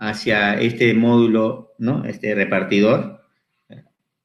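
Someone talks, then a modular circuit breaker fitted with a clip-on rear accessory is pushed by hand onto a plastic busbar distribution block, simply going in by pressure. A short, sharp click is heard at 3.7 s as the breaker seats onto the busbar distributor.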